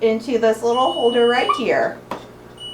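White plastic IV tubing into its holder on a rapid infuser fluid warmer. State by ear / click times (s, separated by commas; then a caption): not seated / none. Someone talks while the white plastic tubing of a Level One rapid infuser fluid warmer's disposable set is popped up into a small holder on the infuser, with a brief sharp sound at about 2.1 s and a faint steady high-pitched tone in the background. The tubing is being handled and nothing has seated or clicked yet.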